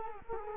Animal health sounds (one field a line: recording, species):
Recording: mosquito wingbeat signal from an infrared sensor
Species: Culex quinquefasciatus